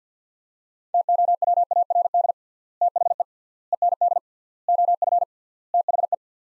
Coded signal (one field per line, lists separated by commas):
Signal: Morse code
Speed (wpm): 50 wpm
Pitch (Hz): 700 Hz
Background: none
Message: TOWARD THE END OF THE